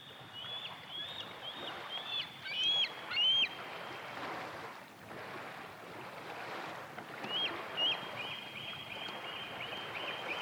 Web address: soundandlightecologyteam. baldeagle